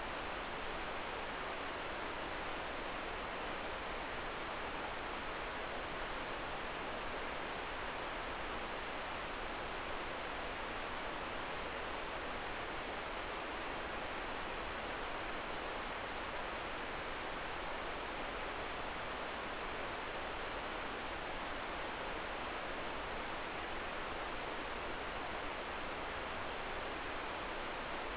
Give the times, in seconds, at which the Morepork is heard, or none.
none